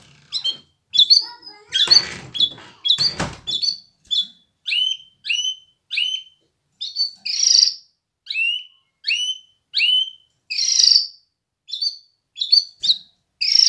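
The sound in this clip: Canary giving many crisp, high notes in a steady series, mixed with a few brief harsh bursts of noise.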